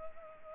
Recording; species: mosquito wingbeat signal from an infrared sensor; Culex pipiens